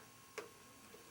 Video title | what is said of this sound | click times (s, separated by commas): SINGER 95-1 RE-TIMING THE ROTARY SEWING HOOK 062514 | when it gets to the right spot. Click. There it is. | 0.4 s